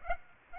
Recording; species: mosquito wingbeat signal from an infrared sensor; Aedes aegypti